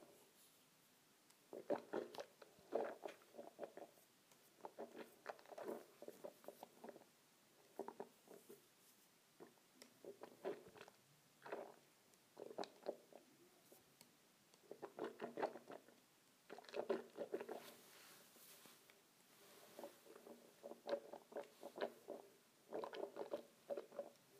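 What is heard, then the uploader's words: Water swishes around a mouth in wet bursts, repeated every second or two with short quiet pauses. ASMR Swishing Water in my Mouth.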